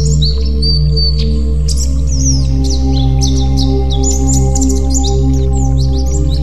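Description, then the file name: White-eye singing in quick bursts of thin, high, sliding notes and chirps, with a constant low droning hum underneath. "pleci"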